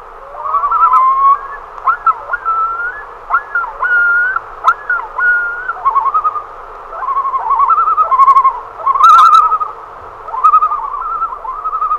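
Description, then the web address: Common loon calling: sliding, wailing notes that rise and fall, followed by quavering tremolo phrases; a few brief clicks in the background. "great northern loon"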